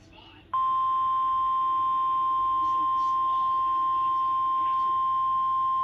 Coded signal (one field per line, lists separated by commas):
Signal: Emergency Alert System (SAME) tones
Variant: 1050 Hz attention tone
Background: speech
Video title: June 23rd, 2024 Severe Thunderstorm Warning for Cheshire County, NH - EAS 2.